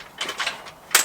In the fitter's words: the unit down to the next angle of the green you can see it's clicked into place there quite nicely